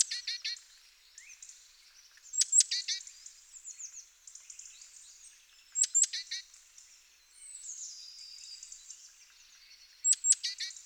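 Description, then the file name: Great tit giving clusters of sharp high ticks and short chatter, three main bursts, with a thin descending whistle and faint twitters between. "Parus major"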